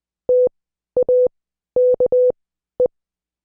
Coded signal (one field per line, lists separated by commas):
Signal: Morse code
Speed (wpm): 20 wpm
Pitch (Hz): 500 Hz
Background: none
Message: TAKE